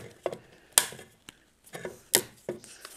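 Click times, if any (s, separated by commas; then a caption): 0.8 s, 2.2 s. A plastic part of an electrical fixture is pressed into the back of its cover from the back side, after the back cover has been popped out. Sharp, bright snaps ring out at 0.8 s and 2.1 s among softer handling knocks, and the part snaps into place. No one talks.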